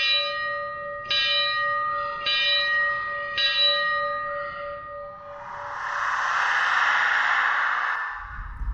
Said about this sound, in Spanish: Estaba con mi grabadora en ese momento, y de pronto empezaron a sonar las campanas y se abrieron las puertas de dicha iglesia.